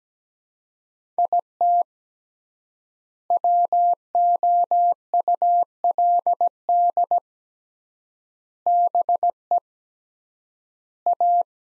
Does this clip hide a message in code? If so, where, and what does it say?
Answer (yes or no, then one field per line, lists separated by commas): yes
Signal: Morse code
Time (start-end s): 1.2-11.4 s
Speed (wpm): 17 wpm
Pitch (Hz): 700 Hz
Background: none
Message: IT WOULD BE A